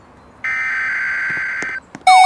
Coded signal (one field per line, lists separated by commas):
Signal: Emergency Alert System (SAME) tones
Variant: header bursts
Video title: EAS scenario Derecho storm